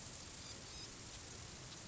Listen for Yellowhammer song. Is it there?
no